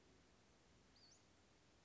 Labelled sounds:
Western Flycatcher
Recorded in Sonoma County, California

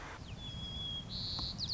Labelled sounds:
White-crowned Sparrow
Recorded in Sonoma County, California

